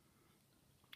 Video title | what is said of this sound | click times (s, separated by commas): How To Repair A Young Living Tulip Essential Oil Diffuser | it snaps shut there's a little click and a snap | 0.9 s